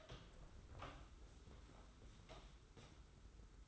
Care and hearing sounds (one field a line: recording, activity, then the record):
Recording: daily activity, microphone in the room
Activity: open door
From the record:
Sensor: 3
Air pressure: 991.6 hPa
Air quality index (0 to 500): 148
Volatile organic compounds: 479 ppm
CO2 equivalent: 4792 ppm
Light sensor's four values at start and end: 43/121/49/43 and 43/121/49/43